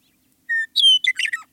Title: Western Meadowlark